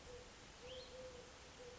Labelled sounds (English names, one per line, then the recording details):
Eurasian Collared Dove
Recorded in Sonoma County, California